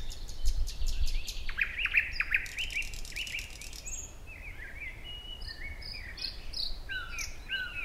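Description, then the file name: Thrush nightingale singing, opening with a fast clicking rattle, then looping whistled notes and sharp high chips in separate phrases, with steady low rumble underneath. "Naktergal"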